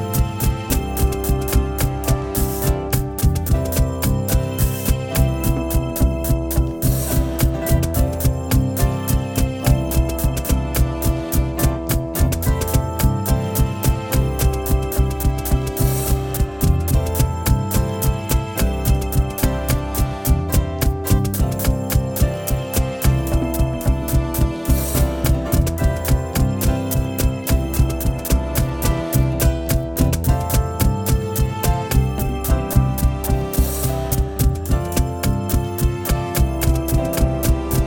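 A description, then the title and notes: A desert-themed piece of music, calm and vast, with steady low bass notes and sustained mid tones that shift chords every few seconds. Crisp, regular percussive taps run throughout, with brighter cymbal-like accents near 3, 12, 25 and 34 seconds, at an even level. Ordinary Desert. The natural feeling of a Desert. Calm and vast.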